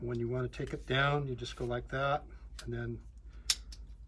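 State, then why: Released. Someone talks while pressing the little button on a tensioned hiking pole to take it down. The section releases from its push-button lock and pops in with a sharp click at 3.5 s, followed by a fainter tick.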